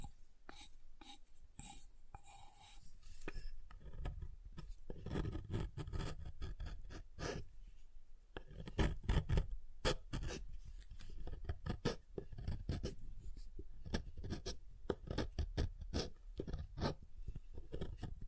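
Soap is tapped and carved in a steady run of short, dry clicks and scrapes that come several times a second for the whole clip. The first few seconds are sparser, with a brief higher tone near the start, then the scraping thickens.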